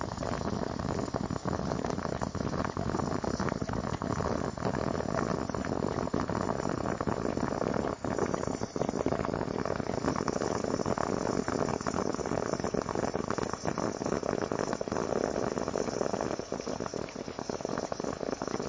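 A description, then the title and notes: Coffee percolating in a steady, dense bubbling that fills the whole clip without pause. The sound is full, mostly low and middle in tone, with quick irregular pops and gurgles scattered throughout and brief dips in loudness around eight and sixteen seconds. Percolating Coffee.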